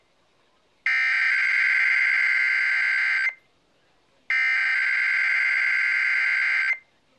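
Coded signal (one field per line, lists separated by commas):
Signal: Emergency Alert System (SAME) tones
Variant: header bursts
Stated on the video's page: Real Required Weekly Test on AM/FM radio.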